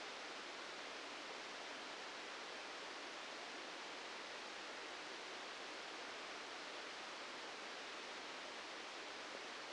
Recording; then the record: brain microelectrode recording played as sound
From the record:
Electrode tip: outside the subthalamic nucleus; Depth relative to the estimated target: -4 mm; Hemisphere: left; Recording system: NeuroSet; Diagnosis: Parkinson's disease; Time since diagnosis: 13 years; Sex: male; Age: 65 years